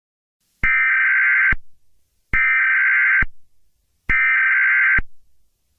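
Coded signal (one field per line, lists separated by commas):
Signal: Emergency Alert System (SAME) tones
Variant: header bursts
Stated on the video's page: Fictional Thanksgiving EAS scenario, not a real alert.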